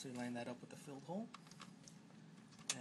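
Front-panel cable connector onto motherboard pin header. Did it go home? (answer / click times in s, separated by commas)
yes / 2.7 s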